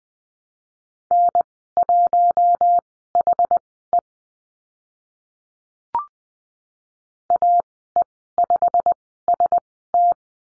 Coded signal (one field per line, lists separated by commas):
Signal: Morse code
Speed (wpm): 19 wpm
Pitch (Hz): 700 Hz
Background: none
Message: N1HE AE5ST